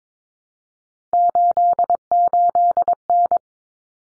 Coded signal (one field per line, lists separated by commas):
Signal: Morse code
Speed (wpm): 22 wpm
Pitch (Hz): 700 Hz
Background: none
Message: 88N